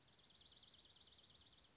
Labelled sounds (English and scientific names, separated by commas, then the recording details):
Dark-eyed Junco (Junco hyemalis)
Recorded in Sonoma County, California